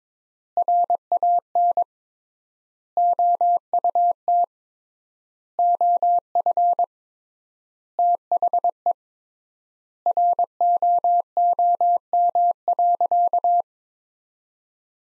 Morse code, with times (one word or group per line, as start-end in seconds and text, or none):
0.6-1.8 RAN
3.0-4.4 OUT
5.6-6.8 OF
8.0-8.9 THE
10.1-13.6 ROOM.